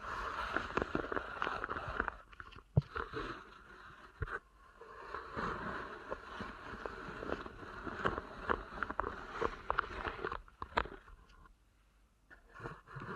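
Deep ear canal massage sounds: dense rustling and squishy rubbing with frequent sharp clicks, brief pauses near four and twelve seconds.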